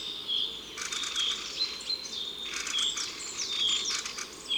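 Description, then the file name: Mistle thrush calls: short dry rattling bursts, two heard, among many high whistles and chirps from other birds. Calls recorded in Drôme, France. "Grive draine cris Concerts Naturels de la Drome Studio les Trois Becs"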